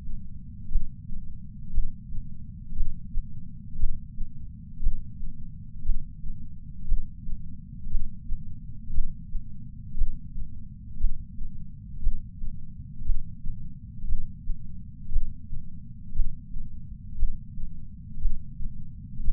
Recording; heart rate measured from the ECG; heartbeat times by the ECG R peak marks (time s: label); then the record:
heart sounds by patch sensor on the chest; 58 bpm
0.70 s: heartbeat
1.72 s: heartbeat
2.75 s: heartbeat
3.78 s: heartbeat
4.81 s: heartbeat
5.84 s: heartbeat
6.86 s: heartbeat
7.89 s: heartbeat
8.92 s: heartbeat
9.96 s: heartbeat
10.99 s: heartbeat
12.01 s: heartbeat
13.04 s: heartbeat
14.07 s: heartbeat
15.10 s: heartbeat
16.14 s: heartbeat
17.17 s: heartbeat
18.20 s: heartbeat
19.22 s: heartbeat
From the record:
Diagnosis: coronary artery disease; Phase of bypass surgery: intraoperative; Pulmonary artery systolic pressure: 26 mmHg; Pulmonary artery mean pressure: 20 mmHg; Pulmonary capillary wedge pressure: 11 mmHg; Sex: female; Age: 69 years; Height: 148 cm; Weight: 51 kg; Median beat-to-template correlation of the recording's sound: 0.86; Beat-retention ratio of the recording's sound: 0.99